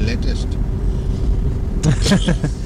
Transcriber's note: laughter